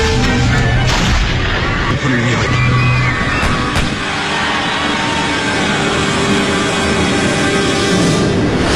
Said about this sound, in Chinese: 照片中，伊藤博文正在俄国财政大臣葛国夫佐夫的陪同下向日本侨民示意，突然砰砰砰三声枪响，就发生在这一刻。